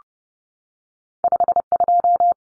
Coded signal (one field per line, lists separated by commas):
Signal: Morse code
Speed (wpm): 30 wpm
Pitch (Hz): 700 Hz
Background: none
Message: 52